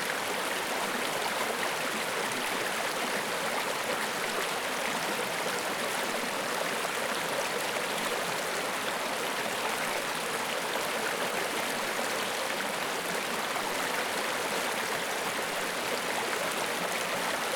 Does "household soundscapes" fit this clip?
no